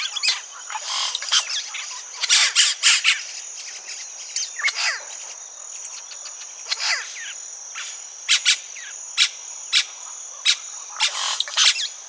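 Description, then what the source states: Oropendolas calling from a colony, many overlapping liquid, gurgling bursts and squawks in quick succession, over a steady high insect drone. Several oropendolas at a nesting colony.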